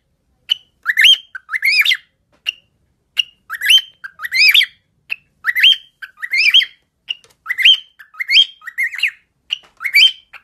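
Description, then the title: Cockatiel chirps, harsh rising squawky notes given in quick bursts, some paired, repeating throughout. Several cockatiels singing and whistling. "Calopsitas Cantando Assobio"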